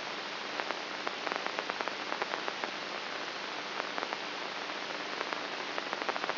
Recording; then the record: brain microelectrode recording played as sound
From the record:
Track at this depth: outside the subthalamic nucleus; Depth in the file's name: 6.64 mm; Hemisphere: right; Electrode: 3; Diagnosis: Parkinson's disease